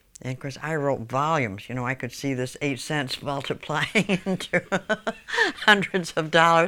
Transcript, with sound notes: And, of course, I wrote volumes, you know, I could see this eight cents multiplying (she laughs) into hundreds of dollars.